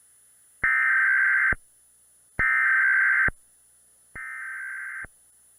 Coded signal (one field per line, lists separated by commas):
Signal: Emergency Alert System (SAME) tones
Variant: header bursts